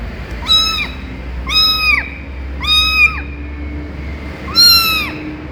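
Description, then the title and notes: Domestic cat: kitten giving four clear, high mews, each rising then falling, separated by brief pauses, with a faint constant background hum. Young kitten in an office, described as saying its first words. "Catalino!!! El gatito de Agricultura. Catalino diciendo sus primeras palabras en la oficina"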